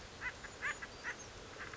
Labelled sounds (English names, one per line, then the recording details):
Acorn Woodpecker
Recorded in Sonoma County, California